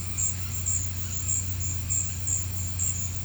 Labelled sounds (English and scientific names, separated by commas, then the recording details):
none
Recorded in pastures near Puerto Asís, Putumayo, Colombia, on 15 December 2024 at 16:30
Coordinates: 0.505, -76.324
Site G063